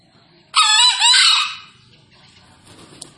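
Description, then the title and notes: Green junglefowl crow, a single loud harsh two-part burst lasting about a second, followed by quiet background. Wild green junglefowl released freely, calling from up in a tree; used as a lure for catching junglefowl. "Panggilan Ayam Hutan Liar. Ayam Hutan Hijau Dilepas Bebas n Bunyi Gacor Diatas Pohon. Pemikat Ayam Hutan"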